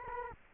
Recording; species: mosquito wingbeat signal from an infrared sensor; Culex quinquefasciatus